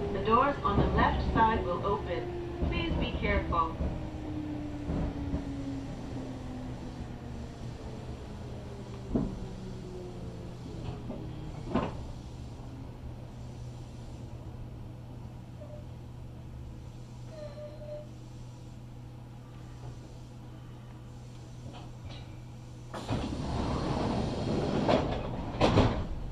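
Kintetsu Osaka Line express train ride with a loud start, steady rumbling hum and falling whine, then a louder clattering surge near the end.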